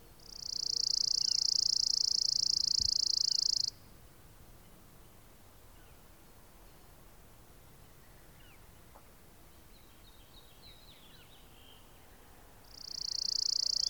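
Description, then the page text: Chipping sparrow song. A steady, dry, high trill of nearly four seconds, a long pause with faint bird notes, then the next trill begins at the end. "Richard E Webster - Малая воробьиная овсянка (Spizella passerina)"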